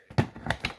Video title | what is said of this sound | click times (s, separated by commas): Dyson DC17 Animal. How to restore suction by servicing both filters. | dust bin to its position and click it into place. | 0.5 s, 0.7 s